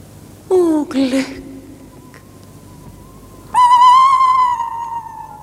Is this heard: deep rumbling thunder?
no